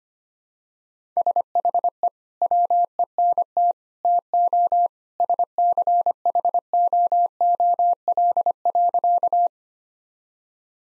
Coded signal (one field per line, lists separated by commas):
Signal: Morse code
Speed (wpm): 25 wpm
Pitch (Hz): 700 Hz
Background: none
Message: SHE WENT TO SCHOOL.